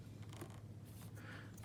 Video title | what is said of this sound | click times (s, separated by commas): How to replace the spark plug bmw g310r without special tools | nice click and it doesn't want to pull apart that's | 0.3 s, 0.4 s